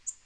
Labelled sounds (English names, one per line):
Black-throated Green Warbler flight call